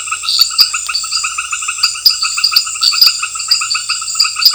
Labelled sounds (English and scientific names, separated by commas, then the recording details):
none
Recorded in pastures near Puerto Asís, Putumayo, Colombia, on 28 February 2025 at 18:30
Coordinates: 0.502, -76.324
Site GP07